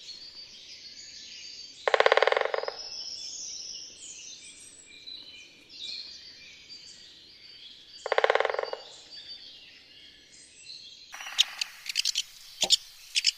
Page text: Pic épeiche Dendrocopos major Tambourinage et cris